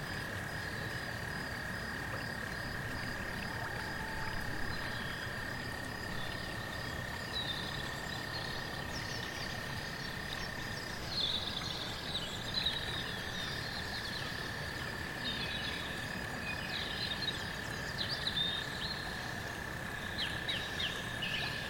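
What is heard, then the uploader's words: A forest at night with rain pattering densely and evenly on fallen leaves, a soft constant hiss throughout. Insects hold a steady, shrill drone underneath, and from about halfway through, brighter shimmering tones drift in and out above the rain. The enchanting forest at night is beautiful, with raindrops falling on the fallen leaves, cicadas and wind chimes.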